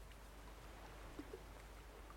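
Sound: rain falling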